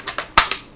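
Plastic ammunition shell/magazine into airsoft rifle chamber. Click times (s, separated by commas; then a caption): 0.4 s. A loaded plastic shell or magazine is pushed into the opened chamber of a UHC Super 9 airsoft bolt-action rifle. Light plastic clicks at 0.1 s and 0.2 s lead up to a sharp, loud click at 0.4 s as it seats, followed by a softer click at 0.5 s. The shell is firmly seated with a positive click.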